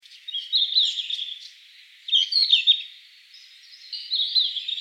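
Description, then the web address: Red-flanked bluetail singing three high, jumbled twittering phrases separated by short pauses, each a quick run of thin slurred notes. Recorded 14 December 2014. "birdenaga ruribitaki 141214"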